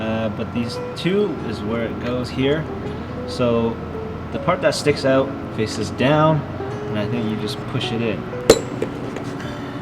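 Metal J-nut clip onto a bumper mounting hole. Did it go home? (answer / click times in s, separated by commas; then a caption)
yes / 8.5 s. Someone talks while pushing a metal J-nut, one of those supplied with a JDM rear fog light for a 2021 Subaru WRX STI, onto a mounting hole in the plastic bumper with its protruding tab facing down. A sharp click at 8.5 s marks the J-nut snapping into the bumper slot, and it is seated.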